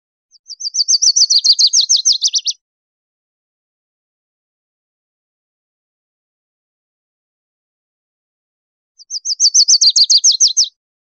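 Lucy's warbler singing a fast, high-pitched trill twice. Each burst lasts about two seconds, with a silent gap of around six seconds between them.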